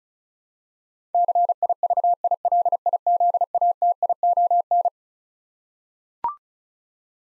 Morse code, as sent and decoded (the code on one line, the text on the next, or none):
-.-. .. ...- .. .-.. .. --.. .- - .. --- -.
CIVILIZATION